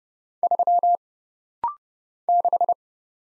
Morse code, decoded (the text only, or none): 3 6